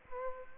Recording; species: mosquito wingbeat signal from an infrared sensor; Culex quinquefasciatus